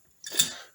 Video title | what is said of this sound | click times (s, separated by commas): Triumph Trident T150V Engine Rebuild. Part 12: Preparing the Crankcases for Blast Cleaning. Part 1. | you hear that clunk and that was the collets letting go | 0.4 s